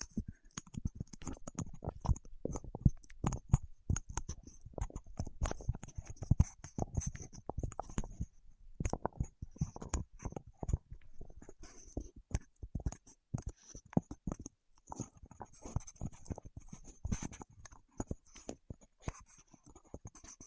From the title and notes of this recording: ASMR with Wax Fingertips for Sleep (No Talking).